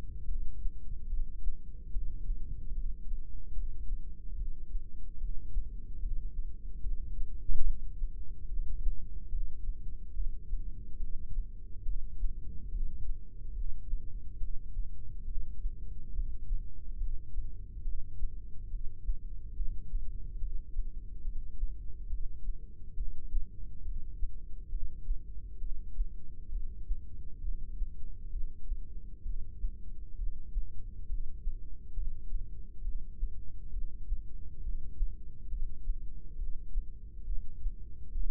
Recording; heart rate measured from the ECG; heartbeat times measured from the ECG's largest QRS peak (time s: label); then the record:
heart sounds by microphone in the right ear; 70 bpm
0.27 s: heartbeat
1.09 s: heartbeat
1.92 s: heartbeat
2.74 s: heartbeat
3.55 s: heartbeat
4.37 s: heartbeat
5.20 s: heartbeat
6.01 s: heartbeat
6.82 s: heartbeat
7.65 s: heartbeat
8.48 s: heartbeat
9.31 s: heartbeat
10.15 s: heartbeat
10.99 s: heartbeat
11.85 s: heartbeat
12.71 s: heartbeat
13.55 s: heartbeat
14.39 s: heartbeat
15.26 s: heartbeat
16.14 s: heartbeat
16.99 s: heartbeat
17.84 s: heartbeat
18.70 s: heartbeat
19.56 s: heartbeat
20.40 s: heartbeat
21.24 s: heartbeat
22.09 s: heartbeat
22.96 s: heartbeat
23.84 s: heartbeat
24.71 s: heartbeat
25.60 s: heartbeat
26.51 s: heartbeat
27.42 s: heartbeat
28.32 s: heartbeat
29.25 s: heartbeat
30.17 s: heartbeat
31.08 s: heartbeat
31.95 s: heartbeat
32.83 s: heartbeat
33.72 s: heartbeat
34.63 s: heartbeat
35.50 s: heartbeat
36.37 s: heartbeat
37.26 s: heartbeat
38.14 s: heartbeat
From the record:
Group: heart failure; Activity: rest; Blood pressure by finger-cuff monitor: 123/90 mmHg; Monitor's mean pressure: 104 mmHg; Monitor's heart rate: 69 bpm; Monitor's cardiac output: 6.2 L/min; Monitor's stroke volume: 89 mL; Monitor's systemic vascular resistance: 1240 dyn s/cm5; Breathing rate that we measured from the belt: 17 breaths a minute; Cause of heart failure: idiopathic cardiomyopathy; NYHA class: 1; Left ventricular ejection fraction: 50%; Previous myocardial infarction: absent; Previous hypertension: absent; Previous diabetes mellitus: absent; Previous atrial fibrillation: absent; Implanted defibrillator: absent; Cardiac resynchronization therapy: absent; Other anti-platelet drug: absent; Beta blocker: bisoprolol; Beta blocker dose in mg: 5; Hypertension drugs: candesartan, spironolactone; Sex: male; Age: 54 years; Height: 180 cm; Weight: 94.6 kg